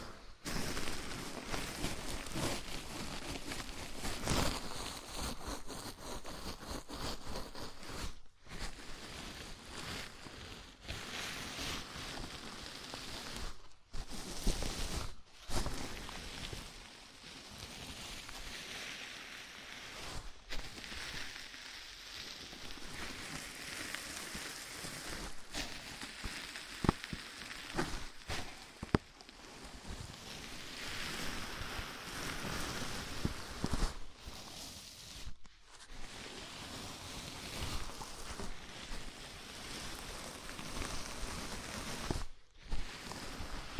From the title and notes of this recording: ASMR Sleepy Scalp Massage (No Talking).